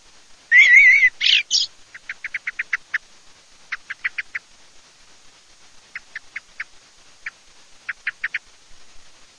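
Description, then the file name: Eurasian blackbird calls: a loud chattering burst early on, followed by scattered short, sharp clicking notes in small irregular groups. "MERLOPL"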